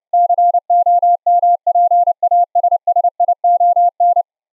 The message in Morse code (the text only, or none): COMPASSION